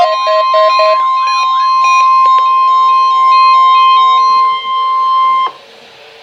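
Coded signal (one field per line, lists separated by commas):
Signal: Emergency Alert System (SAME) tones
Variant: 1050 Hz attention tone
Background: music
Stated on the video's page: NOAA weather radio Required Weekly Test.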